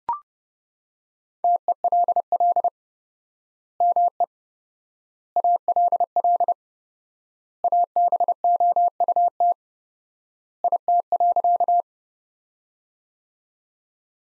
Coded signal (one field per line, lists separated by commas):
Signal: Morse code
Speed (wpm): 30 wpm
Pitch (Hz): 700 Hz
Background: none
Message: TELL ME ALL ABOUT IT.